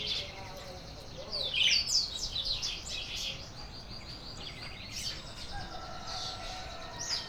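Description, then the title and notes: Birds chirping and twittering in quick high series, with a sharper burst early on over a soft background. Birds singing at a neighbour's house; Brazil, 9 June 2017, 06:00; recorded on a Sony PCM-D50 handheld recorder, stereo. "Pássaros cantando na casa do vizinho, carro passando. Data: 09/06/2017 Horário: 06:00"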